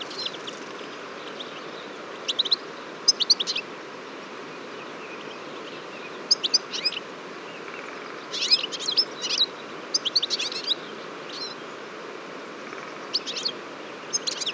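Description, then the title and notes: Eurasian siskins giving short clusters of high chirps and twitters separated by quiet gaps. Large flock at a feeder on a February morning, 23 February 2014, Fourcinet, Drôme, France; recorded with Nagra Seven and Telinga P7. "Choeur de fringilles. 23 février 2014-Fourcinet - Drôme. un grand nombre de Tarin des aulnes (Carduelis spinus)"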